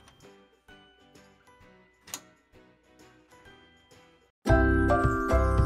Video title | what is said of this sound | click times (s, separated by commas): 4moms mamaRoo Baby Swing: Assembly & Unboxing [Step by Step] | In this step, we attach this end-piece to the curved bar. You hear it clicks, when it locks. | 2.1 s